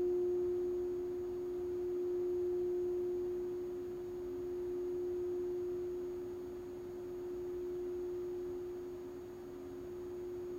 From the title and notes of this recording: This is a LIVE 60 minute Sound Bath recorded at Common Bond Yoga in Springfield, OR.